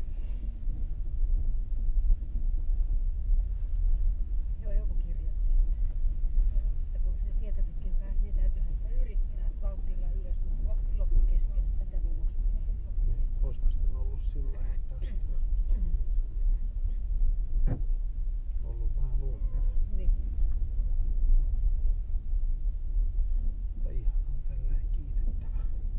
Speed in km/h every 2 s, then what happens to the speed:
10, 12, 11, 9, 11, 11, 11, 10, 10, 12, 11, 11, 12.
0-26 steady at about 11.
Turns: none.